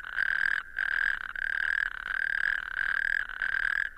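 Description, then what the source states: Natterjack toads chorusing: a loud, rattling trill broken by brief gaps. Chorus in the Maharees dunes, west Kerry, Ireland; a native Irish population in one of its last habitats.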